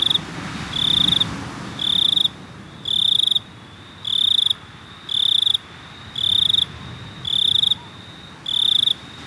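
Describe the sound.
Cricket chirping with steady pulsed trills repeated roughly once a second over a soft background hiss.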